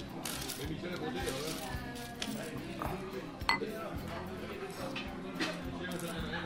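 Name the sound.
glasses clinking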